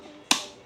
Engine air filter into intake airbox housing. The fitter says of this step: stick it right in. Make sure it you could hear it click into place.